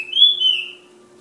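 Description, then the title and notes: Flowerpecker song: one bright, high whistled note that rises slightly, then slowly fades and drops over under a second, with a steady low hum beneath. Tledekan (Sulingan) from Kudus. "Tledekan/Sulingan ABABIL. Suara Burung Tledekan Ababil dari Kudus"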